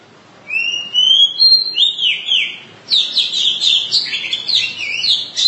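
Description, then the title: Oriental magpie-robin song opening with clear rising and falling whistles, then a dense burst of rapid, scratchy, high notes. Long-duration song. "Kacer"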